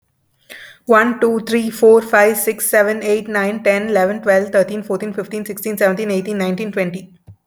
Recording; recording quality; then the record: counting at a fast pace; excellent, no background noise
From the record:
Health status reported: healthy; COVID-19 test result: not tested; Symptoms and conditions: cough, diabetes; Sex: female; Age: 38 years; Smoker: not ticked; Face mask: not worn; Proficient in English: yes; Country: India